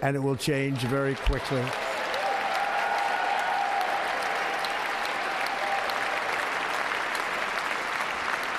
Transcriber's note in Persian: applause